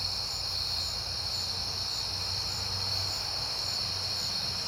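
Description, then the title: Many crickets trill together in a sustained shrill chorus over a low rumble. Crickets recorded at night in September, on a peaceful night. "Night Time: Crickets and Passing Cars"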